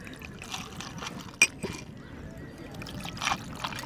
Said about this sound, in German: Ich gieß uns mal ein, ja? Ja, gieß mal ein.